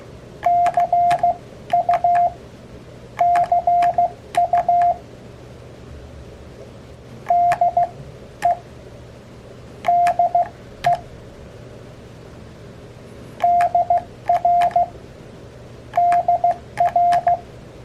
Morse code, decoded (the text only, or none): CU CU DE DE DR DR